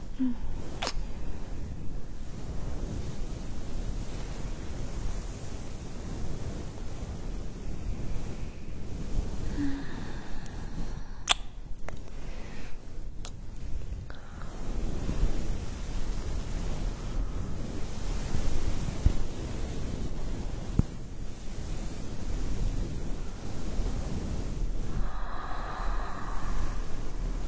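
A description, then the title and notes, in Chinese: Ear massage: a steady low rubbing rumble with swelling strokes, sharp clicks near 1, 11 and 13 seconds, and brief squeaky rubs around 10 and 25 seconds. 按摩耳朵刺激大脑。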